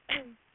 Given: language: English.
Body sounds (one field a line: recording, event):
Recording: throat vibration sensor signal played as sound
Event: cough